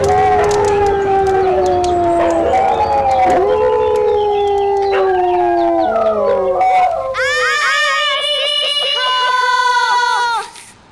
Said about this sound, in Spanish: Los perros de los vecinos empezaron a ladrar.